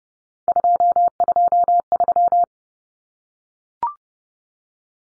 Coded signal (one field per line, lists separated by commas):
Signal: Morse code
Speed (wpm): 30 wpm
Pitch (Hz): 700 Hz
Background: none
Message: 223